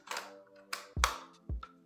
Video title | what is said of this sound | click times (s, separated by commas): J'ai construit la GAME BOY en LEGO... on dirait la vraie ! | Oh là là ! Et ça se clipse et tout. | 1.0 s